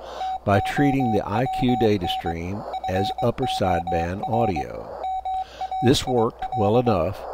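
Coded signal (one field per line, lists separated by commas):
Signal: Morse code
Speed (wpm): 21 wpm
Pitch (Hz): 760 Hz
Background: speech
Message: TOWN FOR MAIL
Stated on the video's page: CW from a homebuilt 4-band SDR transceiver using an STM32F411, a Tayloe mixer and an Si5351 carrier oscillator.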